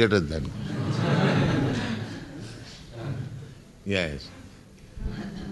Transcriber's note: laughter